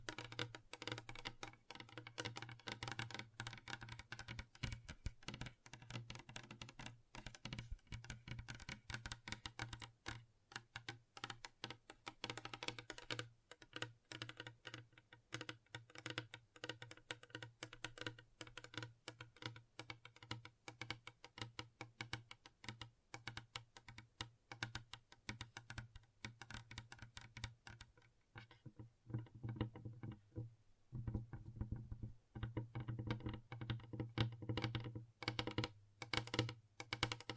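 Gentle tapping in quick, dense runs of light clicks, much like typing on a keyboard, with brief pauses around 10 and 13 seconds. A steady low hum runs underneath throughout. After about 28 seconds the taps thin out, turn duller and come in sparser bursts.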